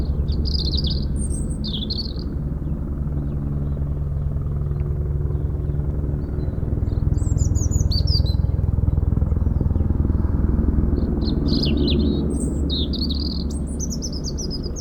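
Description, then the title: European robin singing three separate high, twittering phrases with long gaps between them, while a loud helicopter drone swells in the middle. Robin singing in a hedge near Lac du Bourget, France, during helicopter lifting work for cliff repairs, sound echoing off a mountain; Zoom H4n Pro set vertically on ground. "4 Chem. de la Pointe Forestier, Brison-Saint-Innocent, France - Duo rouge-gorge hélicoptère"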